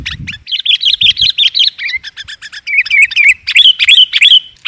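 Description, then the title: Lovebird calls, a rapid string of shrill squeaky chirps, some wavering up and down in pitch, with a few low thumps near the start. Lure sound used for trapping lovebirds. "PIKAT BURUNG LOVEBIRD"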